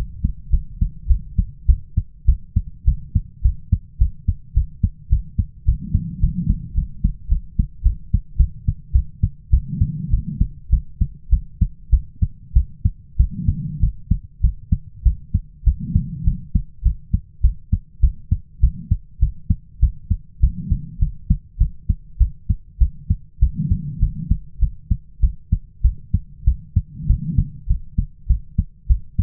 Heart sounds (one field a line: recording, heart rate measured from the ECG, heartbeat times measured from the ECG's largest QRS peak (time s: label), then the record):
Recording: heart sounds by stethoscope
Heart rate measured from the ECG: 102 bpm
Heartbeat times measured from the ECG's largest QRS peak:
0.50 s: heartbeat
1.07 s: heartbeat
1.66 s: heartbeat
2.25 s: heartbeat
2.85 s: heartbeat
3.42 s: heartbeat
3.98 s: heartbeat
4.54 s: heartbeat
5.09 s: heartbeat
5.65 s: heartbeat
6.20 s: heartbeat
6.75 s: heartbeat
7.28 s: heartbeat
7.83 s: heartbeat
8.37 s: heartbeat
8.92 s: heartbeat
9.50 s: heartbeat
10.10 s: heartbeat
10.70 s: heartbeat
11.30 s: heartbeat
11.90 s: heartbeat
12.53 s: heartbeat
13.17 s: heartbeat
13.80 s: heartbeat
14.41 s: heartbeat
15.03 s: heartbeat
15.64 s: heartbeat
16.24 s: heartbeat
16.83 s: heartbeat
17.41 s: heartbeat
18.00 s: heartbeat
18.60 s: heartbeat
19.19 s: heartbeat
19.80 s: heartbeat
20.40 s: heartbeat
20.99 s: heartbeat
21.58 s: heartbeat
22.18 s: heartbeat
22.78 s: heartbeat
23.39 s: heartbeat
23.99 s: heartbeat
24.59 s: heartbeat
25.20 s: heartbeat
25.82 s: heartbeat
26.44 s: heartbeat
27.07 s: heartbeat
27.67 s: heartbeat
28.27 s: heartbeat
28.87 s: heartbeat
From the record:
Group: healthy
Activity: cold pressor test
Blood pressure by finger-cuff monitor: 109/79 mmHg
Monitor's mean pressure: 91 mmHg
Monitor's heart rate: 101 bpm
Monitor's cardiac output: 8 L/min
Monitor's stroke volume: 79 mL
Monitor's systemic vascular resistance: 840 dyn s/cm5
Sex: female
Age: 22 years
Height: 157 cm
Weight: 47.6 kg